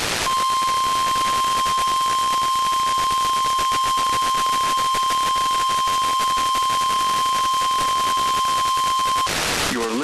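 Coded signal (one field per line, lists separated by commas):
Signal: Emergency Alert System (SAME) tones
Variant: 1050 Hz attention tone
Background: speech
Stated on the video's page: NOAA Weather Radio weekly tests from transmitters KZZ42 Reynoldsville and WXM33 Johnstown.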